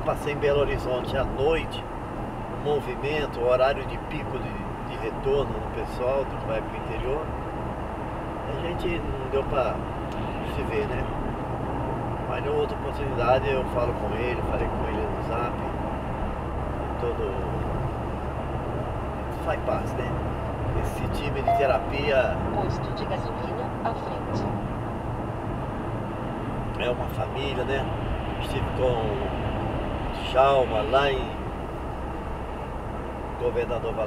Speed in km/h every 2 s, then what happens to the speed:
92, 94, 94, 98, 100, 101, 103, 104, 106, 107, 107, 104, 101, 100, 100, 98, 97.
0-18 speeds up to 107. 18-34 slows to 97.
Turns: none.